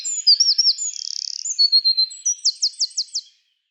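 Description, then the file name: Eurasian wren song: shrill sliding notes, a brief buzzy burst, then a crisp rapid trill of looping high notes before it stops abruptly. "Troglodytes troglodytes"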